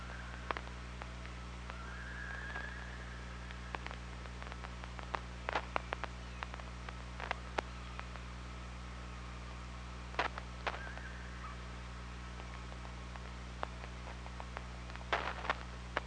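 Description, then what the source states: Killer whale underwater calls: a faint tonal call wavers near two seconds and again around ten seconds, among many sharp clicks over a steady low hum. Underwater recording from an OrcaLab hydrophone on 24 August 2017, about 07:25.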